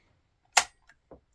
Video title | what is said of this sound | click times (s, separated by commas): Creative Memories Border Maker System (BMS) | And you get that little snap. | 0.6 s